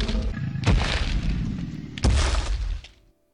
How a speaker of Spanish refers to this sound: Dios, esas pisadas suenan.